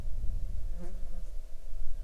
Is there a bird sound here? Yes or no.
no